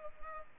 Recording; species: mosquito wingbeat signal from an infrared sensor; Culex pipiens